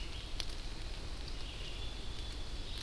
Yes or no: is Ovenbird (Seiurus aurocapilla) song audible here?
no